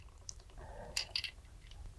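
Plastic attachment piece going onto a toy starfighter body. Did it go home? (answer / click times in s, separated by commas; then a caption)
no / none. A plastic attachment piece is pressed onto the side of a small Micro Galaxy Squadron Gold Leader's Y-Wing toy starfighter body. Faint plastic scraping and a few light taps are heard, including brief ticks near 0.3, 1.0 and 1.2 seconds. No click happens, so the piece has not snapped into place, though it feels secure.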